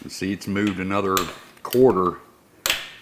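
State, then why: Torque reached. A torque wrench set to 18-20 ft-lb tightens a fork pinch bolt in a motorcycle triple tree, alternating between the top and bottom bolts, while someone talks. The bolt turns another quarter before the wrench gives a sharp metallic click at 2.7 s, reaching its setting.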